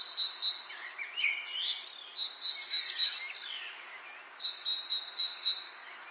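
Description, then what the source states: Birdsong with short bursts of fast, high trilling and sliding whistled notes between them, against a faint steady background noise. Birdsong in an English garden in the late afternoon, urban atmosphere.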